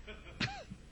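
One abrupt, sharp gulping burst followed by a brief falling voiced sound: a single hiccup from an adult man in a radio studio, live on air.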